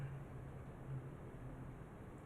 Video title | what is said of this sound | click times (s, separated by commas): TSKIES Live Sale - Ringing in Spring in Southwestern Style - 20% OFF | it didn't latch it i'm holding it i'm cheating we | none